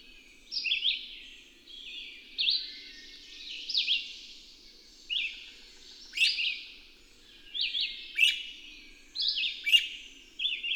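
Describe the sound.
Bird song: short, high, sweeping whistled phrases repeated roughly every second, with sharp ticking notes mixed in, over a quiet background.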